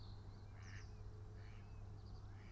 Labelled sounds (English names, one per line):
Mallard